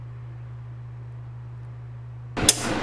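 A metal snap ring on the sink mounting flange of an InSinkErator Badger garbage disposal is worked around under the sink flange over a steady low hum. A burst of scraping starts at about 2.4 s, then a single sharp snap at 2.5 s as the ring clicks into its groove and seats.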